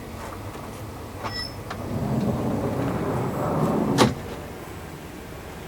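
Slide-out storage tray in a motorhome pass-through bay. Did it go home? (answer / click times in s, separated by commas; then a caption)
no / none. A slide-out storage tray in the pass-through storage bay of a 2001 Tiffin Zephyr motorhome is pulled out by hand; it is meant to lock in its extended position so it won't roll back in on a hill. A low rumbling slide builds from about 1.7 s and runs to a sharper knock near 4.0 s, then the sound fades. The tray is still being handled and nothing has seated or latched yet.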